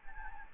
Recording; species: mosquito wingbeat signal from an infrared sensor; Anopheles gambiae